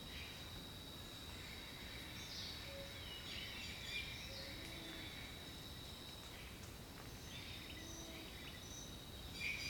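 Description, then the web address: Birds calling faintly in a dense chorus, scattered chirps and short whistles in a high band, soft low hooting notes, over a steady insect drone and background hiss. Jungle birdsong. "Nature Songs Nature Sounds The Natural Sounds of the Wilderness 10 CDs collection Echoes of Nature - Jungle Talk 01 Jungle Birdsong"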